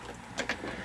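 A speaker cable's jack plug is pushed into the output socket of a 1984 Panasonic RX-C39 portable stereo over a steady background hiss. A soft tap at 0.4 s is followed by a sharper click at 0.5 s as the jack seats in the socket.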